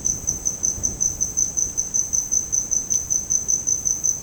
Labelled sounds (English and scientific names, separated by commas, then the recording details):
none
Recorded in dense forest near Puerto Asís, Putumayo, Colombia, on 29 June 2025 at 10:00
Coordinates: 0.486, -76.317
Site G065